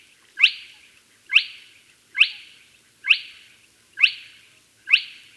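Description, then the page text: Spotted crake calls: a sharp, whiplash-like 'whit' note repeated about once a second, six times, with a quiet background. "Spotted Crake Call Sound Effect. Quick Sounds"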